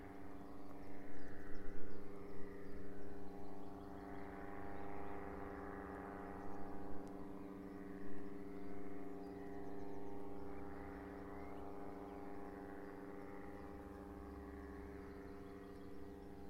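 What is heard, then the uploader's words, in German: A motorized hang glider and an airplane drone overhead, a steady engine hum with strong, even low tones. A brighter whine rises and falls in slow waves every few seconds. The sound is loudest near the start, then settles into a constant, slightly quieter drone. Ein motorisierter Drachenflieger und ein Flugzeug.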